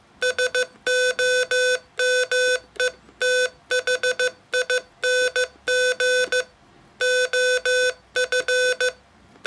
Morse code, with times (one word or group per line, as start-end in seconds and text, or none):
0.2-6.4 SOMETHING
7.0-8.9 OF